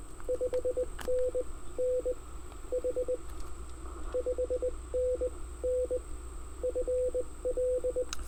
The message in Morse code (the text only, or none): 5NN H 5NN FL